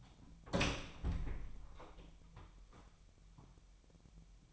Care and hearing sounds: daily activity, microphone in the room; open door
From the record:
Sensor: 1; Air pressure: 1007.3 hPa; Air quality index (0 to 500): 198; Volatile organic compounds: 20 ppm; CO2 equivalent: 2673 ppm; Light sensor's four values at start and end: 13/33/13/15 and 13/34/14/15

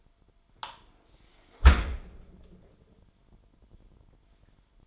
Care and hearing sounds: daily activity, microphone in the room; close dishwasher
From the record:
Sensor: 5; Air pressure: 998.5 hPa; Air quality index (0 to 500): 80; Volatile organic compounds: 1 ppm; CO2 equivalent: 910 ppm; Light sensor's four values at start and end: 27/63/26/29 and 26/62/26/29

